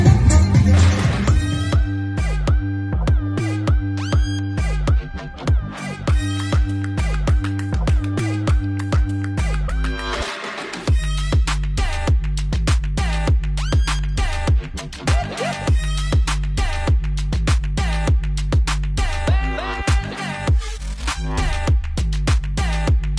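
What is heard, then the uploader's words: Loud, driving music plays for a fire dance at Alona Beach, with a heavy low beat and fast, regular percussion hits over bright melodic lines. Around the ten-second mark the bass drops out briefly before the full groove returns and continues steadily. Fire Dance At Alona Beach- Bohol, Philippines.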